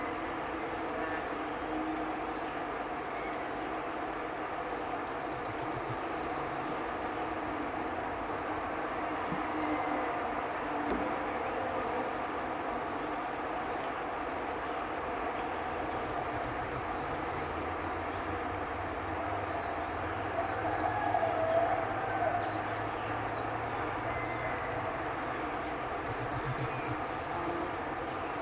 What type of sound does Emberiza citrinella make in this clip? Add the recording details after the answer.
song. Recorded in the wild. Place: Jagstheim, Baden-Württemberg, DE. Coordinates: 48.8881, 10.39. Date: 1971-05-31. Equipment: Uher Report 4200, AKG D190C in Doppel-Parabolreflektor. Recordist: Krey, Winfried